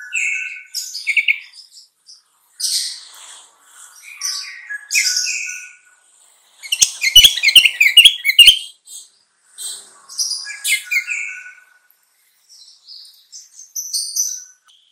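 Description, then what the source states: Sooty-headed bulbul song in separate bursts of chirps and whistles, with a dense rattling flurry around the middle. Song style called trucukan.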